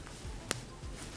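A small snap fastener on the side of a 2-in-1 headband half wig is pressed closed to anchor the headband zipper, which otherwise will not stay zipped. A single sharp, bright click at 0.5 s stands out over a quiet background with faint low rustling. The snap seats closed.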